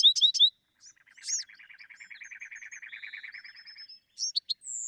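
Bewick's wren song with a few sharp opening notes, then a long, low, even trill lasting about three seconds, followed by thin whistles and high chips.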